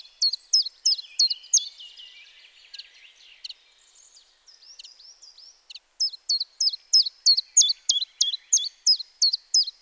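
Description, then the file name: Common chiffchaff song of repeated high, sharp falling notes, broken midway by a quieter twittering passage, then the even chiff-chaff rhythm resumes. "Zilpzalp Gesang"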